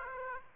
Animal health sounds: mosquito wingbeat signal from an infrared sensor; Aedes aegypti

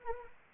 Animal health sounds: mosquito wingbeat signal from an infrared sensor; Anopheles arabiensis

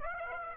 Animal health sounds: mosquito wingbeat signal from an infrared sensor; Aedes aegypti

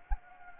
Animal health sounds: mosquito wingbeat signal from an infrared sensor; Anopheles gambiae

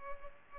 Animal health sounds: mosquito wingbeat signal from an infrared sensor; Culex pipiens

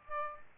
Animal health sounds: mosquito wingbeat signal from an infrared sensor; Aedes albopictus

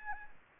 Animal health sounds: mosquito wingbeat signal from an infrared sensor; Aedes albopictus

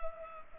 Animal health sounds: mosquito wingbeat signal from an infrared sensor; Culex pipiens

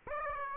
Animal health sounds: mosquito wingbeat signal from an infrared sensor; Aedes aegypti

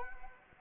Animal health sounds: mosquito wingbeat signal from an infrared sensor; Anopheles arabiensis

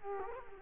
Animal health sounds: mosquito wingbeat signal from an infrared sensor; Culex quinquefasciatus

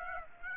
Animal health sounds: mosquito wingbeat signal from an infrared sensor; Aedes aegypti

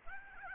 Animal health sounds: mosquito wingbeat signal from an infrared sensor; Aedes albopictus

